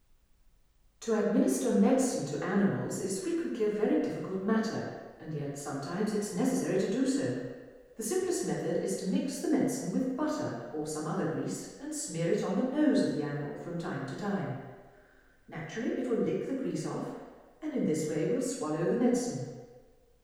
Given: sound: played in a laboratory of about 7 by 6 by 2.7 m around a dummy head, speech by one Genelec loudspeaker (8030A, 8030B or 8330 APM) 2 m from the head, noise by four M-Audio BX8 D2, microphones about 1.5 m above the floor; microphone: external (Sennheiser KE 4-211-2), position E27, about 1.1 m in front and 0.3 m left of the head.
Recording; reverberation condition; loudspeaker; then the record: female speech in English; high; 150 degrees to the left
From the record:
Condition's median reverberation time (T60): about 1300 ms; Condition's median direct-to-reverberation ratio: about -4.0 dB